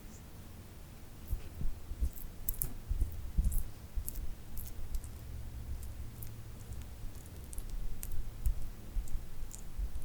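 Glued hands rub and pull apart, producing a low, muffled rustle throughout with bursts of sharp, crisp clicks and crackles scattered irregularly, clustering around 2–3.5 seconds and again near 8 seconds. The sticky snaps stay quiet and uneven in rhythm.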